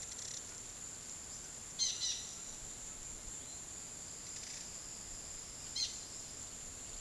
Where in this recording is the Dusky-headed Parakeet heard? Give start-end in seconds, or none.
1.76-2.28, 5.74-5.89